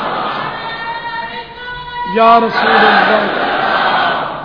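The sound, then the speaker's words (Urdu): A crowd chants the religious slogan "Ya Rasool Allah" in unison, a loud rising collective shout swelling midway over a steady roar of many voices that carries on to the end. “تو یہی ہمارا بھی حال ہے کہ ہمیں جتنا روکا جائے گا انشاءاللہ ہم زیادہ یا رسول اللہ کے نعرے لگائیں گے انشاءاللہ.”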